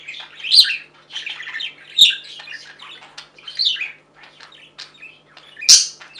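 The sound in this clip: Budgerigar warbling chatter, a continuous run of buzzy, high twittering notes punctuated by three loud sharp chirps.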